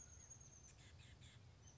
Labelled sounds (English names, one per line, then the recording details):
Oak Titmouse
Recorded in Sonoma County, California